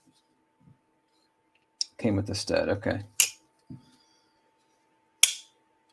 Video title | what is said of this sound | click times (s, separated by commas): Morning | yeah really nice click and then this one | 5.2 s